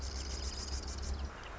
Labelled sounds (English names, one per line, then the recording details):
Marsh Wren
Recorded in Sonoma County, California